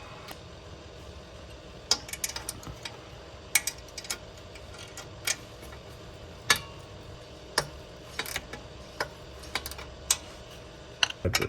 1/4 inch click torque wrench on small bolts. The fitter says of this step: this little torque wrench was making all kinds of audible clicks.